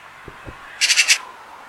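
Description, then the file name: Eurasian magpie chatter: four harsh, rasping notes in quick succession, preceded by a couple of low thumps. "Pica pica"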